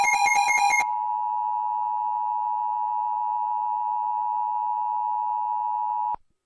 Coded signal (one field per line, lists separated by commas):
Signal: Emergency Alert System (SAME) tones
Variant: 853 and 960 Hz attention tone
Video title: Eas mock: Madmen